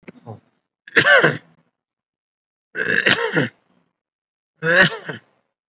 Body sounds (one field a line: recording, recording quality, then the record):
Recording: shallow voluntary cough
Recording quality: excellent, no background noise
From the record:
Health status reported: COVID-19 positive, mild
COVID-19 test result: positive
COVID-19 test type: RT-PCR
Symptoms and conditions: cough, muscle pain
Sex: male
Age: 52 years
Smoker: no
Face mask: worn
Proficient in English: no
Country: India